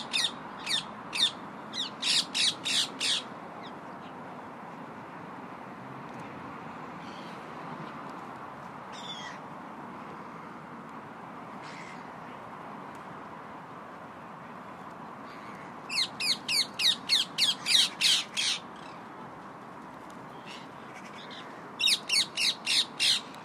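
Parakeets settling for the night give out bursts of rapid, shrill squawks, clustered at the start, around 16–19 seconds, and again near the end. Between the bursts, a steady low murmur continues, broken by a few isolated calls.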